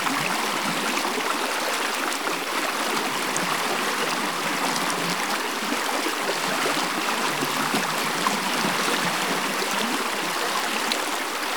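A river rushes steadily and densely, a bright wash of flowing water with constant fine splashing and no change across the clip.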